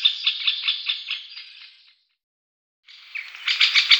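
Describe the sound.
Middle Spotted Woodpecker calls: a harsh, nasal, quacking series of rapid notes that fades, breaks off in a short silence, then returns louder.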